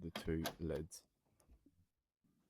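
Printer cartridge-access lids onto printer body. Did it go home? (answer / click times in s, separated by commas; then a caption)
no / none. Someone talks while handling the two plastic cartridge-access lids on an HP DeskJet 4220e printer, followed by faint, quiet handling noises. The lids are not yet closed onto the printer body, and nothing has clicked shut.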